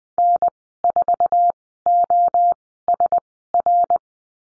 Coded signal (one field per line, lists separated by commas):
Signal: Morse code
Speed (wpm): 20 wpm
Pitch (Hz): 700 Hz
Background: none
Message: N4OSR